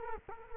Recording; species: mosquito wingbeat signal from an infrared sensor; Culex quinquefasciatus